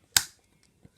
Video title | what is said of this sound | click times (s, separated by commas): Transformers Legacy Velocitron Speedia 500 Collection Autobot Cosmos! (2022) | just snaps into place. | 0.2 s